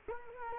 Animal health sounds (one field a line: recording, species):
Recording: mosquito wingbeat signal from an infrared sensor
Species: Culex quinquefasciatus